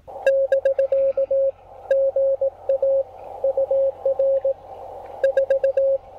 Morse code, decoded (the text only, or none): <BK> GA UR 4